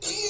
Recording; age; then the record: pig call; weaner (32 to 43 days)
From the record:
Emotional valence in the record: negative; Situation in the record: long isolation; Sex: female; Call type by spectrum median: high-frequency call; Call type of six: high-frequency stable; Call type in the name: high-frequency stable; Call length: 0.30 s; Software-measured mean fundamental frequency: 397 Hz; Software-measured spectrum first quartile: 2699 Hz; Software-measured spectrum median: 4945 Hz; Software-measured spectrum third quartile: 7373 Hz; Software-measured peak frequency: 415 Hz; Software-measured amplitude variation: 101 dB a second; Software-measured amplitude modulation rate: 14.8 a second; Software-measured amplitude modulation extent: 6.8 dB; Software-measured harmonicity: 2.3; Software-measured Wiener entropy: -1.93